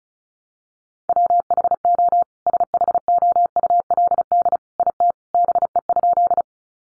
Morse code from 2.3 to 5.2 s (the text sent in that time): SHOULD IT